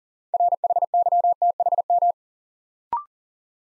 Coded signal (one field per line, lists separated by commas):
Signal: Morse code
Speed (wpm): 38 wpm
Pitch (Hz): 700 Hz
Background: none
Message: RHYTHM